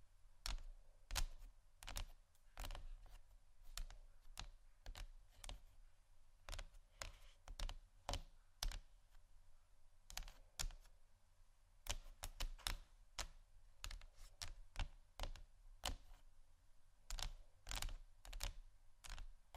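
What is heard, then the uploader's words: Fingers tap on a table surface in a quick, uneven patter of sharp clicks, sometimes in brief flurries and sometimes spaced out. Each tap is crisp and bright with a small low thump beneath it. A faint steady hum sits underneath throughout. ASMR Tap & Scratch On Table Surfaces （No Talking）.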